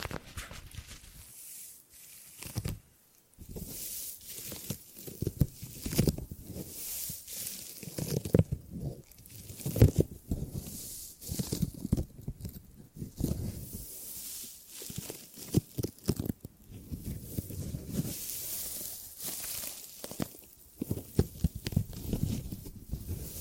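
Gripping and grabbing sounds, a busy run of rough rustling, crinkling and tearing-like scrapes in bursts, with brief quiet gaps between handfuls.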